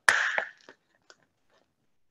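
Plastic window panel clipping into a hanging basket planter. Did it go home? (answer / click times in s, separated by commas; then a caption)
yes / 0.1 s. A small plastic window panel on a hanging basket planter is pushed back down until its little clips catch. A sharp click at 0.1 s is followed by a bright rattling clatter that fades by about 0.5 s, with a second tap at 0.4 s and faint ticks near 0.7 s and 1.1 s. The window clips snap shut and the panel is seated.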